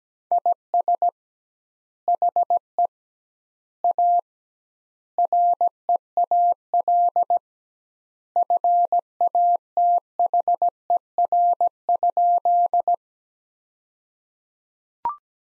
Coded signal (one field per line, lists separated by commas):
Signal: Morse code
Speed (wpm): 17 wpm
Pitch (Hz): 700 Hz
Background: none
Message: IS HE A REAL FATHER?